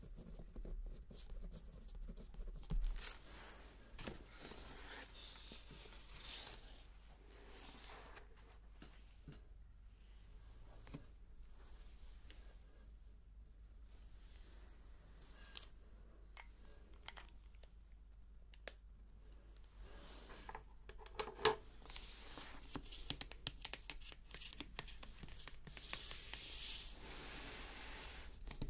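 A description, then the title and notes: Page turning, typing and book stamping: papery rustles and scattered sharp clicks, a louder thump near 21 seconds, then denser clicking toward the end. Page Turning, Typing and Book Stamping.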